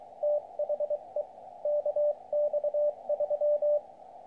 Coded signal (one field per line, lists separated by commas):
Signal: Morse code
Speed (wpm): 24 wpm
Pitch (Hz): 590 Hz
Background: radio noise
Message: THE KX3